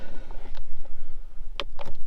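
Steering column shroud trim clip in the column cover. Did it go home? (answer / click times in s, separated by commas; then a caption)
released / 1.6 s. A plastic trim tool is worked in from the sides at the crease of the steering column shroud on a 2007–2014 Ford Edge until the plastic trim clip in the column cover lets go with a sharp click at 1.6 s. Several fainter ticks and scrapes from the tool come before and just after it. The clip is released.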